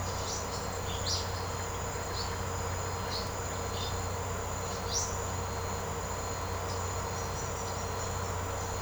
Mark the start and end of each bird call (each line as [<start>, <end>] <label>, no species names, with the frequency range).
[0.00, 5.20] bird call (3.0-6.8 kHz)
[6.34, 8.82] bird call (3.3-6.6 kHz)